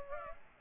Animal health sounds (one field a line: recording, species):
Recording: mosquito wingbeat signal from an infrared sensor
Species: Aedes aegypti